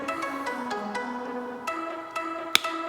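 A tight plastic/metal ball joint is pushed at length into its socket on the shin/foot of a T-800 Terminator endoskeleton model, over a steady bed of plucked, tonal music. At 2.6 s a sharp, loud snap rings out as the joint seats, confirmed clicked into place.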